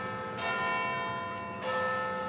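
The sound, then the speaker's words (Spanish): Church bells ring out with rich, lingering metallic tones; two fresh strikes land about a second apart, each swelling over the shimmering hum of the previous peal, with no voices present. “La reverberación de las campanas siempre tuvo un fuerte contenido simbólico, porque organizaba comunidades enteras, congregando a la población en torno al culto.”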